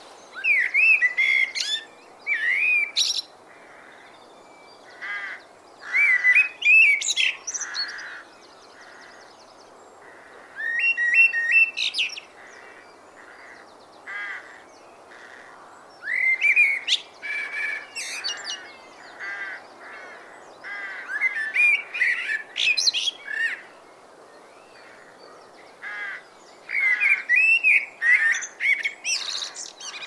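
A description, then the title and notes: A blackbird sings in phrases of a few seconds, each opening with low fluting notes and ending in high scratchy twitters, separated by brief pauses. The song is clear, repeating about every five seconds over a quiet background. BLACKBIRD SONG - TURDUS MERULA.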